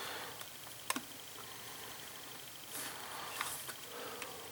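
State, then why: Seated. A small, fiddly plastic part is pressed into the door of a 1/8 scale Eaglemoss Ecto-1 model car. A sharp plastic click at 0.9 s, followed by a softer tick just after, marks the part clipping into place, with a few faint handling ticks later over quiet background hiss. The part is seated, though awkward to fit.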